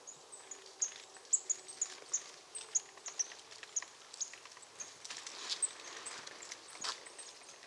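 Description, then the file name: Marsh tit calls: a run of thin, very high, short notes repeated through most, mixed with sharp clicking and rustling noises. "Poecile palustris"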